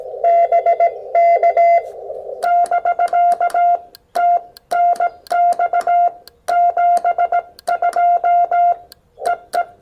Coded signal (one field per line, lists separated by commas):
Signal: Morse code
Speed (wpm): 15 wpm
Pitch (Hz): 690 Hz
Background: none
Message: BK <BK> TNX 72 EE